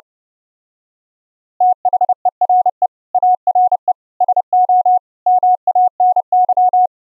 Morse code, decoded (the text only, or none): THERE ARE SO MANY